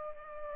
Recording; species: mosquito wingbeat signal from an infrared sensor; Culex pipiens